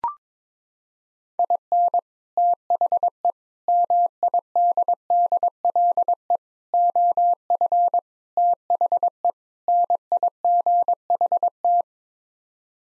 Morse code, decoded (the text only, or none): IN THE MIDDLE OF THE NIGHT